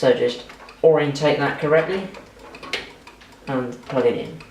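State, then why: Not seated. Someone talks while a 6+2 pin PCI Express power cable plug is lined up and handled at its power socket, with a few short handling taps around 2.6 to 3.1 seconds. The plug is not yet home: nothing has seated or clicked yet, and the plastic latch has not engaged.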